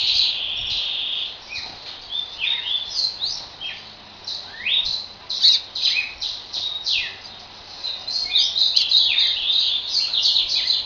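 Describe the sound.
Double-collared seedeater song: rapid high chirps and sweeping whistled notes strung together, with a steady whistle at the start and louder bursts near the end.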